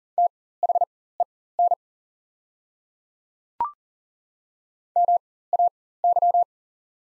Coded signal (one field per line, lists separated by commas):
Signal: Morse code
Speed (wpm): 40 wpm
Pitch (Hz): 700 Hz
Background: none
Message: THEN MAY